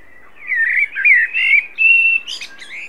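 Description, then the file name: Common blackbird song: a continuous melodious run of fluted notes, one steady held whistle, then a high, thin squeaky ending. "Turdus merula"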